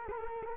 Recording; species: mosquito wingbeat signal from an infrared sensor; Culex quinquefasciatus